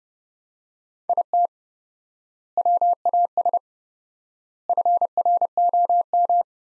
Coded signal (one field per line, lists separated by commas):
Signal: Morse code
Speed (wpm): 32 wpm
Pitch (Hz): 700 Hz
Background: none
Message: IT WAS FROM